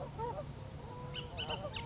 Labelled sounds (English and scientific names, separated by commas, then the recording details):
Bullock's Oriole (Icterus bullockii)
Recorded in Sonoma County, California